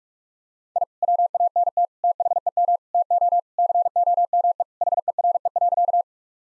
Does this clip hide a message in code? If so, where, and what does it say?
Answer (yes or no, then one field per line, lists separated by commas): yes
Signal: Morse code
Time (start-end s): 0.8-6.0 s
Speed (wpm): 46 wpm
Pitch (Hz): 700 Hz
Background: none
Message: I WANT THEM TO COME HERE.